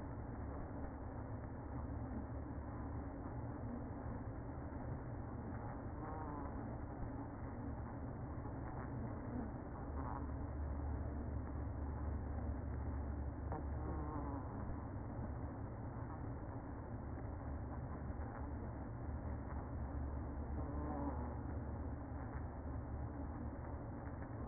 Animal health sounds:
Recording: honeybee colony, microphone inside the hive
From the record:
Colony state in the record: queen present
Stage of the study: after two queens were removed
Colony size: about 60,000 bees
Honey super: yes

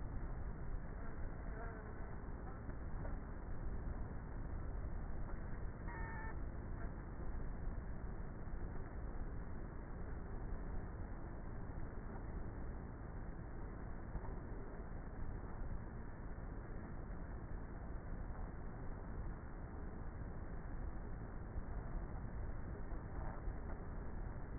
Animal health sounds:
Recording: honeybee colony, microphone inside the hive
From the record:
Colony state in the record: queenless with a low population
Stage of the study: before two queens were removed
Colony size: about 30,000 bees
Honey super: no

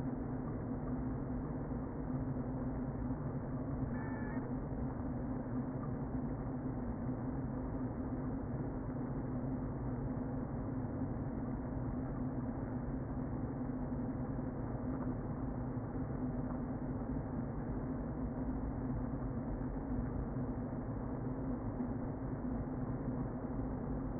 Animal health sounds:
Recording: honeybee colony, microphone inside the hive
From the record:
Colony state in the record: queen present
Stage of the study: before two queens were removed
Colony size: about 60,000 bees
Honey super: yes

